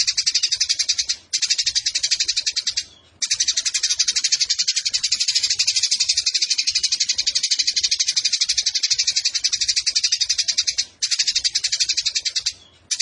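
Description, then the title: Eurasian tree sparrow chattering song, an almost continuous run of very fast, piercing chirps lasting many seconds, interrupted only by a few split-second breaks. Fighting-mode chatter with long rapid bursts and a clear voice, used as a tutor recording for training competition songbirds. "GEREJA TARUNG NEMBAK PANJANG SUARA JERNIH MASTERAN WAJIB BURUNG LOMBA"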